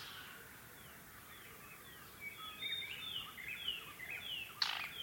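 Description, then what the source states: White-browed robin-chat song, soft overlapping whistled notes building over a few seconds, then one loud sharp click. Okavango Panhandle, 14 August 2015, 6:36 AM; ever-changing song that seems to come from everywhere at once; microphone set outside tent; Sound Devices 702 recorder with Sennheiser 418 stereo mic.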